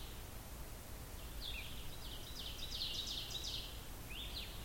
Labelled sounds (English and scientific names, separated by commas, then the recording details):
Ovenbird (Seiurus aurocapilla) song
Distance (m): 85 m
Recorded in boreal forest in Alberta, Canada, on 16 June 2016 at 06:15
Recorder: SongMeter 3, array SBT-3-32
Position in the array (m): 115 m, 145 m
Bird 37